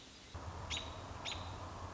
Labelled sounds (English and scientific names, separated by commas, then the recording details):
American Robin (Turdus migratorius)
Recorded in Sonoma County, California